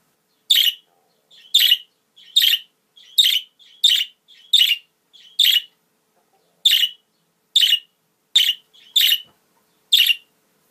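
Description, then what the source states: Budgerigar calls: a steady series of short, grating chirps, roughly one per second, with a brief pause midway. Female budgerigar; mixed sounds.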